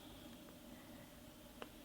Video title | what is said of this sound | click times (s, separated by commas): Skift batteriet på din Garmin Edge 705 | Så sagde det lige klik. Så ved jeg, så har jeg ramt rillen, | 1.6 s